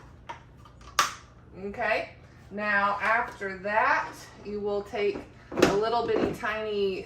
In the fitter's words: And in order for this fan to work, it needs to click into place.